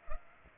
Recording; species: mosquito wingbeat signal from an infrared sensor; Culex pipiens